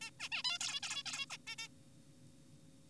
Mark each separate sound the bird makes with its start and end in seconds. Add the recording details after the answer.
0.01-0.10, 0.20-0.29, 0.32-0.43, 0.44-0.58, 0.61-0.80, 0.83-1.03, 1.06-1.26, 1.30-1.37, 1.47-1.56, 1.58-1.68. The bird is an adult. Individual g4p5U